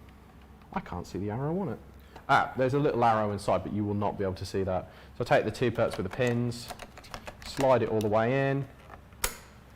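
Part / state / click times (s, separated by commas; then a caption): battery pack into video camera battery slot / seated / 9.2 s. A battery pack with two pins is lined up with the two pin ports of a video camera's battery slot and slid all the way in while someone talks. It latches with a single sharp click at 9.2 s, and the battery is seated.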